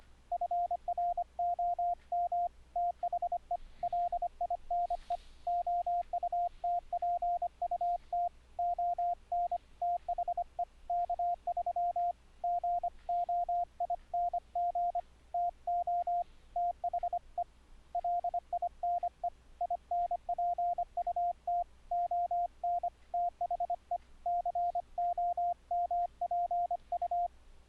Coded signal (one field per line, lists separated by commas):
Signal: Morse code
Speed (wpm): 25 wpm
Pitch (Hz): 700 Hz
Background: radio noise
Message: FROM THE LINE OUTPUT ON THE K3 GOING TO THE LINE INPUT ON THE COMPU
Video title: iCW - 2012 - How to send morse code over the internet on WINDOWS 7: THE BASIC SETUP